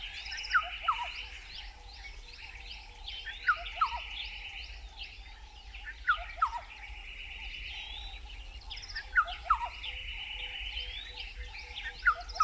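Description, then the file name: Black-headed oriole calls: short liquid downslurred whistles in pairs, repeated several times, against a background of other chirping birds and an intermittent buzzing drone. "Black-headed Oriole (Oriolus larvatus)"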